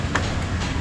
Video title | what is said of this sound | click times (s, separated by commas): Sular panel at Banting sa paltik | naka-lock na yan | 0.2 s